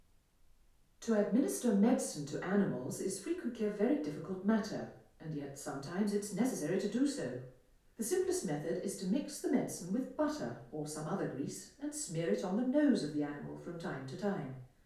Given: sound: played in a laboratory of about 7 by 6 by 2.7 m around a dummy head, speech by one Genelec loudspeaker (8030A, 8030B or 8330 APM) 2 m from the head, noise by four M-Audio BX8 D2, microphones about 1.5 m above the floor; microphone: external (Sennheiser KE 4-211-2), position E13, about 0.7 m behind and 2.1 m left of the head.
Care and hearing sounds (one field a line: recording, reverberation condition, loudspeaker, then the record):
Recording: female speech in English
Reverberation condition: medium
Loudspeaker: 120 degrees to the right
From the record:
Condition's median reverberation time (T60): about 510 ms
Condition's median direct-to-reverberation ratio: about -0.5 dB